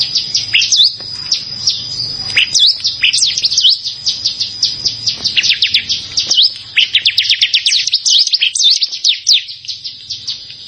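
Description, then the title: Prinia song: thin high whistles mixed with rapid descending chips, building into a dense chattering series toward the end. "Ciblek Sawah"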